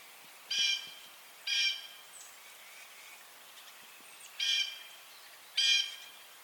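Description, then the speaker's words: Blue Jay jeer calls: four harsh, buzzy, evenly pitched screams given in two pairs, with quiet gaps between. "You'll hear them calling a lot, doing like their jeer call or their jay call a lot."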